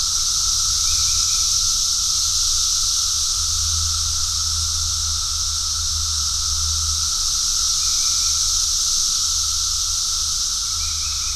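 Cicadas buzzing in a constant shrill wash of sound, short faint chirps recurring now and then, over a low humming rumble that fades in and out.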